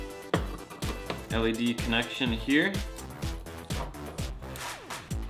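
An LED wiring connector is handled at the housing of a smoked light bar LED tail light on a 2016-2018 Silverado 1500 while someone talks over background music. Several short handling knocks and taps are heard. Nothing has seated or clicked yet.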